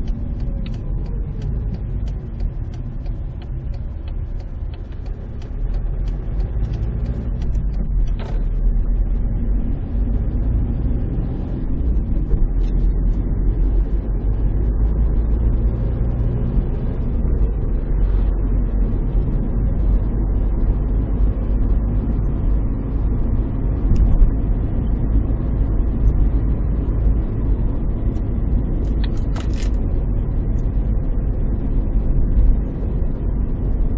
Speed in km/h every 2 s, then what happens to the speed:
13, 11, 11, 14, 20, 29, 35, 45, 48, 54, 56, 56, 59, 59, 57, 54, 52.
0-5 steady at about 11. 5-26 speeds up to 59. 26-34 slows to 52.